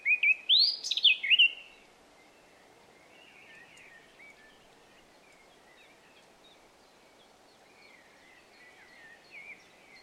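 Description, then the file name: Eurasian blackcap song: a loud burst of rich, rising fluty notes in the first second and a half, followed by soft, faint warbling through the rest. "Sylvia atricapilla"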